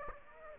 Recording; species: mosquito wingbeat signal from an infrared sensor; Aedes aegypti